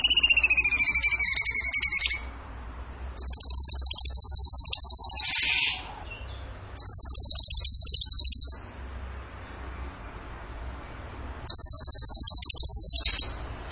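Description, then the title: Bird song: an opening run of whistled notes, followed by three long, very high, rapid trills separated by pauses of a second or more. Songbird training audio (masteran) in the tembakan gacor song style. "Masteran Burung Tembakan Gacor"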